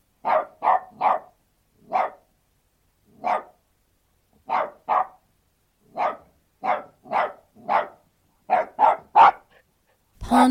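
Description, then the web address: Australian terrier giving a long run of sharp barks, single and in quick doubles and triples, fairly evenly spaced, with a brief harsh noise at the very end. An Australian terrier barking outdoors. "australian terrier barking exterior"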